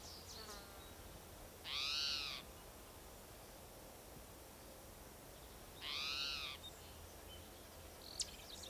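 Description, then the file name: Spotted Towhee giving two harsh, nasal, rising-and-falling cries about four seconds apart over a steady background hiss, with a sharp tick at the end. Individual number 7 giving cries; Gibson Jack Creek, Bannock County, Idaho, 27 June 2006. "Cicero 27 Jun 2006 Pmaculatus"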